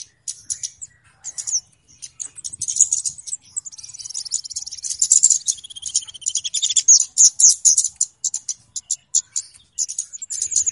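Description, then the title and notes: Flowerpecker song: a rush of very high thin chips and twitters, with a descending buzzy trill partway through. Clear song used as a lure for trapping birds; Indonesian names cabe-cabean or kemade. "Kicau Burung Kemade ( Cabe Cabean) Jernih. Suara Burung Cabe Cabean Pikat"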